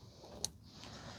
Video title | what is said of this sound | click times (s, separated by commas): 2009 Subaru Impreza 2.5 SOHC - Radiator Replacement | make sure it clicks in | 0.4 s